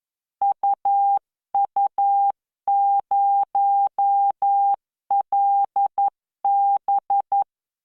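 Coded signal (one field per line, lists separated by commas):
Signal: Morse code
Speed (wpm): 11 wpm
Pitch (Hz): 800 Hz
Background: none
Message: UU0LB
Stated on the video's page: Morse practice generated by the LearningMorse V.0.74 training software at 11 WPM with standard spacing.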